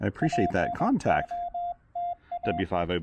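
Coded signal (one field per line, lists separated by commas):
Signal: Morse code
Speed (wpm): 20 wpm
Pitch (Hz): 690 Hz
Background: speech, radio noise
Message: POTAE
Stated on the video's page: Morse sent with a Palm Pico paddle on a Discovery TX-500 during a Parks On The Air activation.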